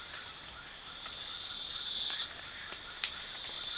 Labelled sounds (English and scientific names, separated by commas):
none